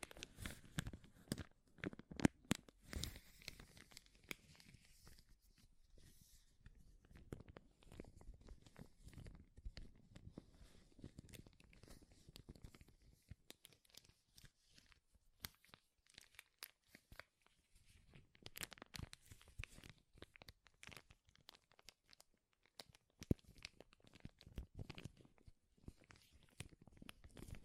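Crinkling plastic or paper rustles and crackles almost without pause, a dense run of sharp snaps and tearing sounds. The handling is busiest in the first few seconds and again around 15 to 20 seconds, easing briefly near 6 seconds.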